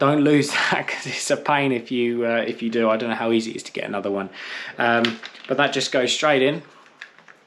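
Someone talks while a bit holder, slightly longer than a standard one, is handled and pushed straight into the nose of a Dewalt cordless drywall screw gun. Faint sharp ticks come near 7.0 s and 7.3 s as the speech ends. The clip ends with the bit holder not yet home: nothing has seated or clicked yet.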